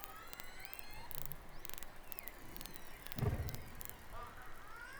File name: Orcas